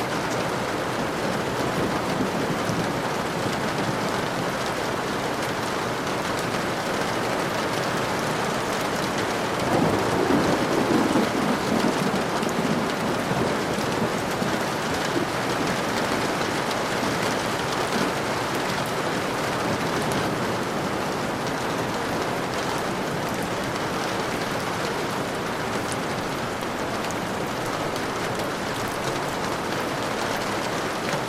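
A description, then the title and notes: Heavy rain falls in a dense, steady hiss throughout, with a low rumble of thunder swelling briefly around ten seconds in. Rain with Thunder Sounds. Heavy Rain.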